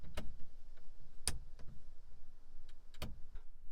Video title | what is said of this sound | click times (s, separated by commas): Toyota Tacoma (2016-2023) Interior LED Light Install - Halogen Upgrade | and there we go honestly that is immensely satisfying when you pull and you hear the click | 1.3 s